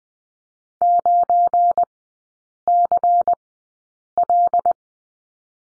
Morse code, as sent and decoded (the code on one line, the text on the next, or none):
----. -.-. .-..
9CL